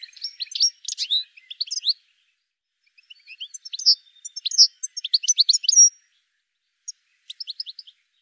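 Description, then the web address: Bird giving high, thin chirps and twittering notes in scattered clusters, with a gap of silence, then a quick run of sharp notes and a few final chirps. "cianscape birddata"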